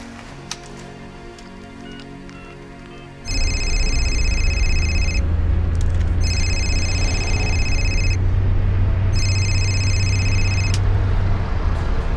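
telephone ringing

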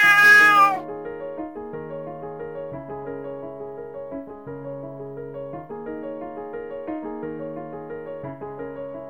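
cat meowing

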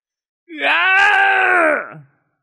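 anguished scream of pain

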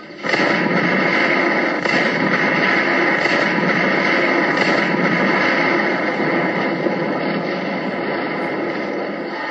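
artillery cannon fire

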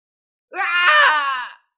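agonized scream

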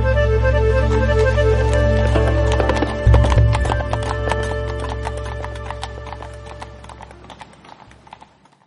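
horses galloping

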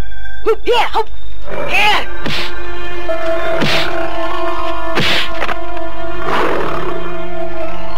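tiger roaring

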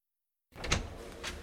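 door being closed

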